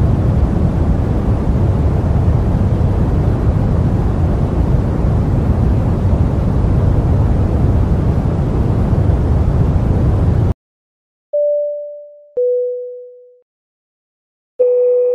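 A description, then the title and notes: Steady airplane cabin noise, a dense low rumble with hiss above, runs unbroken for about ten seconds, then cuts to silence. Three clean chime-like dings follow, the first two ringing out and fading, the third starting just before the end. Airplane white noise with dings.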